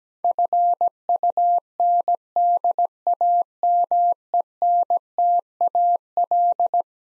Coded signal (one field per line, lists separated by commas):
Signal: Morse code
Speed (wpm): 17 wpm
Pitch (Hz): 700 Hz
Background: none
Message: FUNDAMENTAL